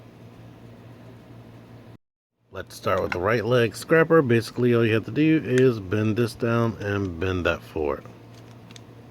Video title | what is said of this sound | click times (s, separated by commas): Transformers: Combiner Wars Devastator CHILL REVIEW | it locks into place and there you go | 8.7 s, 8.8 s